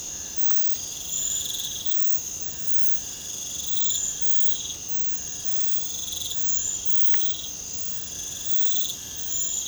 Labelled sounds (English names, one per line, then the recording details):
none
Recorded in secondary vegetation near Puerto Asís, Putumayo, Colombia, on 26 December 2024 at 05:00
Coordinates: 0.499, -76.323
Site G010